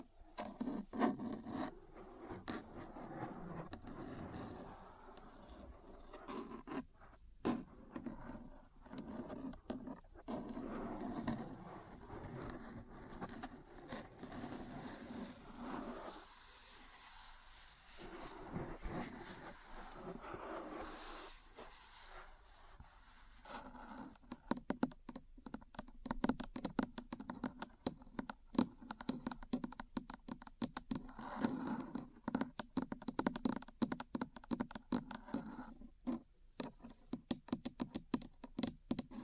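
Metal parts tap and scratch against each other, with a dense scraping texture through the first twenty seconds and a brief quieter stretch around seventeen seconds. From about twenty-four seconds the sound turns into rapid, sharp clicks and taps that continue steadily to the end.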